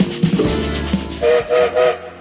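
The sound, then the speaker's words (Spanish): A train whistle sounds three times in a steady rhythm, each a sustained tonal blast, following a low rumble of rolling rail cars with some clanking at the start; the opening whistle of the radio program El Tren on Radio Cooperativa, 2012. “Buenas noches, como todos los días el tren se pone en movimiento, escucharon el silbato, ya estamos en marcha.”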